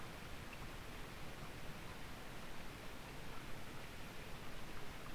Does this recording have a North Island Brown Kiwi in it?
no